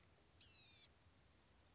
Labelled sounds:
Blue-gray Gnatcatcher
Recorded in Sonoma County, California

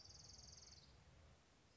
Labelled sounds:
Orange-crowned Warbler
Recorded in Sonoma County, California

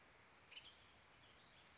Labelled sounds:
Western Tanager
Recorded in Sonoma County, California

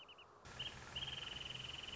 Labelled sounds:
Wrentit
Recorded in Sonoma County, California

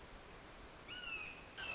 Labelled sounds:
Red-shouldered Hawk
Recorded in Sonoma County, California

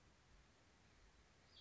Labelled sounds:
Western Flycatcher
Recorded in Sonoma County, California

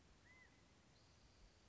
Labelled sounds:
California Quail
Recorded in Sonoma County, California

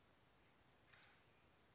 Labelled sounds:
Acorn Woodpecker
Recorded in Sonoma County, California

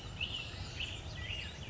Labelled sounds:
Black-headed Grosbeak
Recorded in Sonoma County, California

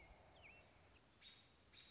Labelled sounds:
American Robin
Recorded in Sonoma County, California

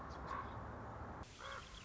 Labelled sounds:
Common Raven
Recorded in Sonoma County, California

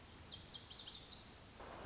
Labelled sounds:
Lazuli Bunting
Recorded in Sonoma County, California

